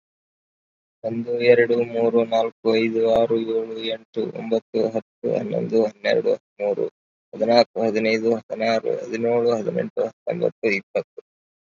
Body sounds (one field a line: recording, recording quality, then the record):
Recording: counting at a fast pace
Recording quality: excellent, no background noise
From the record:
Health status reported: COVID-19 positive, moderate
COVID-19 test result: positive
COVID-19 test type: RT-PCR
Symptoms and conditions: cough, cold, breathing difficulty, sore throat, fever, fatigue, muscle pain, loss of smell and taste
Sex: male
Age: 26 years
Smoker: no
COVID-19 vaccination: both doses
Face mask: worn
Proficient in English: no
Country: India